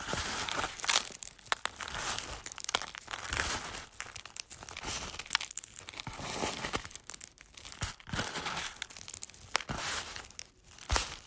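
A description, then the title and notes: Eggshells are crunched and crushed in a steady run of crackling, brittle snaps that fill most of the eleven seconds. Sharper crackles stand out around one, five and ten seconds, with brief quieter gaps near eight seconds, and the sound stays bright and crisp throughout. ASMR Crunching Eggs.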